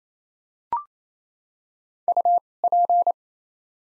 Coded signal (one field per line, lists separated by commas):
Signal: Morse code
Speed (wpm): 28 wpm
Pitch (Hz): 700 Hz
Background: none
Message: U P